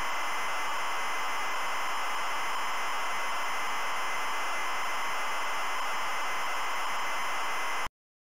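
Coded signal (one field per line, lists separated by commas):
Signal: ZX Spectrum tape loading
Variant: ZX Spectrum cassette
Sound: continuous harsh raspy buzzing hiss for about 8 seconds, then sudden silence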